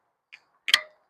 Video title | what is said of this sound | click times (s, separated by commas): Is Electrify America FINALLY Fixed? | Oh, there's the click. | 0.3 s, 0.7 s